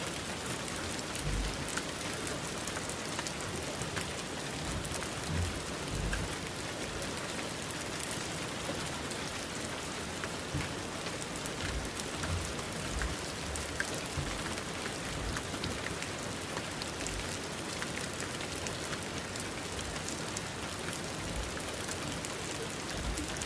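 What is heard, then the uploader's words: Steady, heavy rain pours without a break, a dense hiss filled with countless sharp drops pattering. A soft low rumble runs underneath the whole time, and the downpour keeps the same even loudness from start to finish. Rain in Waterdeep: ambient soundscape.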